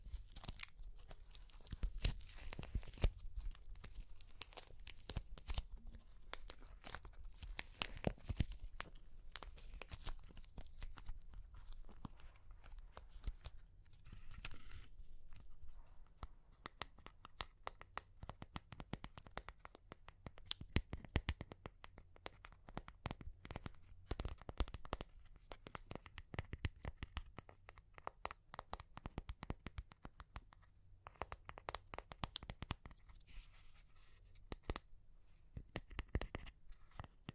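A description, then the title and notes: Crunchy clay cracks and crumbles in dense runs of sharp, bright snaps and crackles that fill the whole stretch. The crunching comes in uneven bursts with brief thinner gaps, over a faint low hum that stays steady throughout. Super Crunchy Clay Cracking (No Talking).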